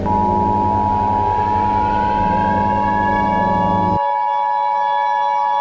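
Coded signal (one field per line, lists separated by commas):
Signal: Emergency Alert System (SAME) tones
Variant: 853 and 960 Hz attention tone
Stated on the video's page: Simulated EAS scenario about a solar eclipse.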